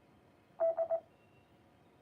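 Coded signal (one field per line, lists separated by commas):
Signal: none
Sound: repeater courtesy beeps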